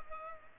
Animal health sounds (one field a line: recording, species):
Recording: mosquito wingbeat signal from an infrared sensor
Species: Culex pipiens